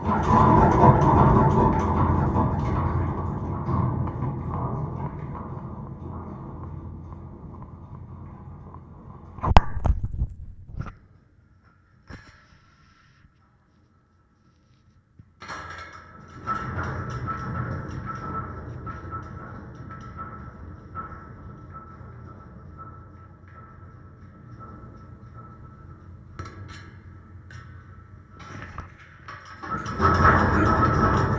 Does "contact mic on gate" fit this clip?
yes